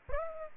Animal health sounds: mosquito wingbeat signal from an infrared sensor; Aedes aegypti

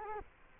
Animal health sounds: mosquito wingbeat signal from an infrared sensor; Culex quinquefasciatus

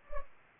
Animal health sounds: mosquito wingbeat signal from an infrared sensor; Culex pipiens

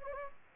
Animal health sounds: mosquito wingbeat signal from an infrared sensor; Anopheles gambiae

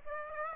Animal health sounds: mosquito wingbeat signal from an infrared sensor; Aedes aegypti

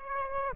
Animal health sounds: mosquito wingbeat signal from an infrared sensor; Aedes aegypti

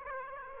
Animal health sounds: mosquito wingbeat signal from an infrared sensor; Aedes aegypti

